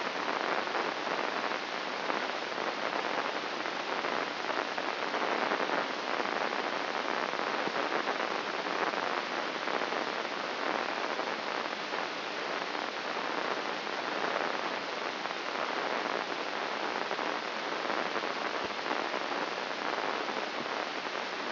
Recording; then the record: brain microelectrode recording played as sound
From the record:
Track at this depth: inside the subthalamic nucleus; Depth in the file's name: 3.831 mm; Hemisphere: left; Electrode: 3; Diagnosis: Parkinson's disease